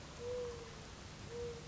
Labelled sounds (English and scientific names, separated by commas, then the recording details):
Mourning Dove (Zenaida macroura)
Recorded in Sonoma County, California